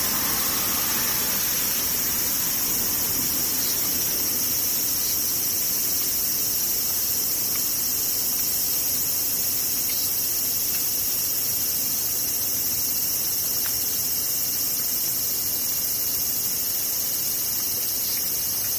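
Cicadas drone in a dense, unbroken buzz for the whole stretch, bright and steady, with a faint low rumble underneath.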